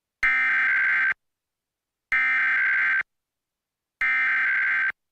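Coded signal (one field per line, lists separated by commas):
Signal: Emergency Alert System (SAME) tones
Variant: header bursts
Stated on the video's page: Iowa state EAS tests, recorded from broadcast stations including TV channels.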